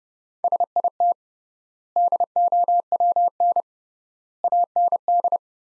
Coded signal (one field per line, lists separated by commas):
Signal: Morse code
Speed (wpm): 29 wpm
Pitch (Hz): 700 Hz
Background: none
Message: SIT DOWN AND